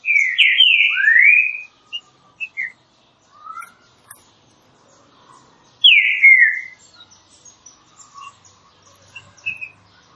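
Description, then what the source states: Green-winged saltator whistling a loud tumbling phrase, then scattered short chips before another slurred downward phrase. Classic song, used for training.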